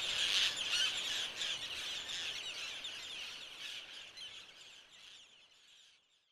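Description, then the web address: Roseate tern calls, a dense chorus of harsh, rapid overlapping squawks from many birds, fading steadily toward the end. "aves-marinhas garajaus garajau-rosado Vocalizacoes"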